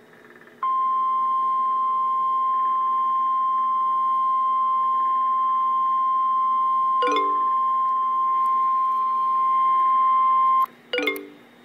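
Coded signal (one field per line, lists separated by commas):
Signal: Emergency Alert System (SAME) tones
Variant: 1050 Hz attention tone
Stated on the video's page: A real EAS alert for a tornado warning.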